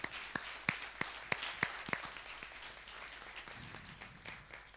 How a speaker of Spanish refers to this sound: Amén. Le damos un aplauso a nuestro Señor.